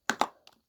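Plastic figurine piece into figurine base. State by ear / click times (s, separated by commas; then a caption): seated / 0.1 s. A plastic piece of a collectible Disney Miniso Flowery Wind Chime figurine is pushed into its figurine base until it clicks into place at 0.1 s. A second sharp snap follows at 0.2 s, then a few faint light taps near 0.5 s, and the piece ends up seated.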